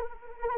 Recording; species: mosquito wingbeat signal from an infrared sensor; Anopheles arabiensis